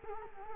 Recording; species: mosquito wingbeat signal from an infrared sensor; Culex quinquefasciatus